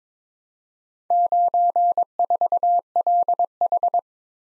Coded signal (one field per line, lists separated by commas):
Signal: Morse code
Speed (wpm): 22 wpm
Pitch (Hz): 700 Hz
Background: none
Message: 94LH